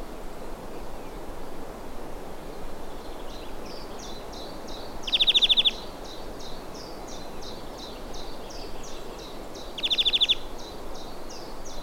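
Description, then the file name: European greenfinch calling with two brief, fast trills about five seconds apart against a steady background of repeated high, thin chips. "Chloris chloris"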